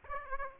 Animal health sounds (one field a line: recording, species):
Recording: mosquito wingbeat signal from an infrared sensor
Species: Aedes aegypti